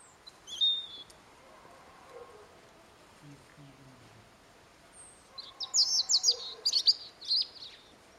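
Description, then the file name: European robin song: a short high note early on, a quiet stretch, then a rapid, sparkling run of very high twittering notes near the end. "Erithacus rubecula"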